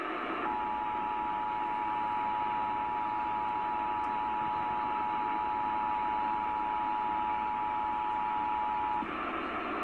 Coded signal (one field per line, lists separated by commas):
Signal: Emergency Alert System (SAME) tones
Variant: 853 and 960 Hz attention tone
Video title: EAS #325: Required Monthly Test